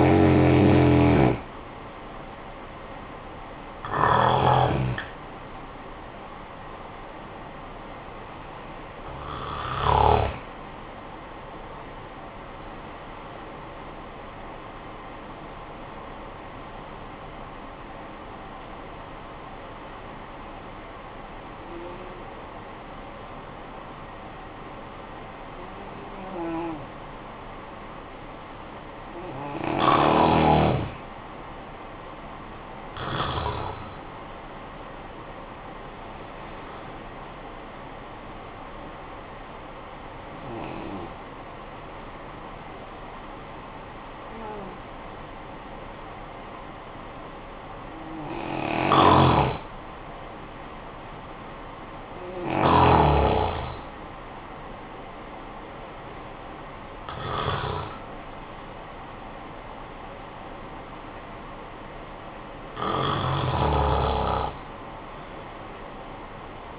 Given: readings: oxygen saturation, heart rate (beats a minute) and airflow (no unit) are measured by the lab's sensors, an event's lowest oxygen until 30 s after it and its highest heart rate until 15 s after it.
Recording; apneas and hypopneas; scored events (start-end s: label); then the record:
breathing in sleep by a voice recorder at the bedside; 2
15.00-30.30 s: hypopnea (N2, oxygen 92% highest, then 89% lowest, heart rate 64 at the start, 66 highest)
40.00-54.60 s: hypopnea (N2, oxygen 93% highest, then 89% lowest, heart rate 55 at the start, 65 highest)
61.00-66.79 s: new sleep stage, N1 (lightest sleep)
From the record:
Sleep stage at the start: N2 (light sleep); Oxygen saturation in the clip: 89 to 96%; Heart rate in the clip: 50 to 66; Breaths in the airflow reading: 11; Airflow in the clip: -10.1 to 12.1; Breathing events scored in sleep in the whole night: 445 in 7.6 hours asleep